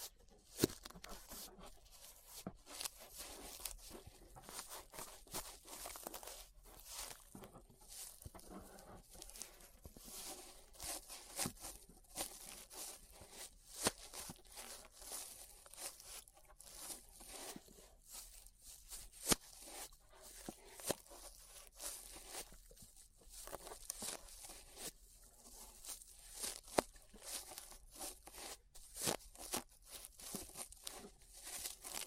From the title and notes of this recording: ASMR Relaxing 3Dio Ear Brushing (No Talking).